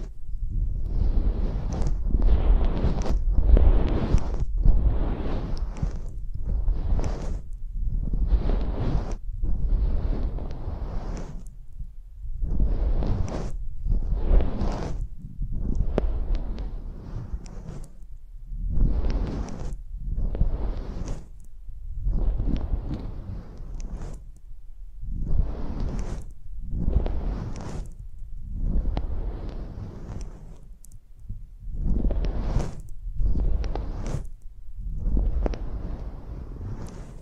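Close-up microphone treatment: rough, hissing bursts of noise arrive in a steady rhythm, roughly one every two seconds, each rising and falling quickly. A constant low rumble sits underneath throughout, and the bursts keep a similar loudness from start to finish.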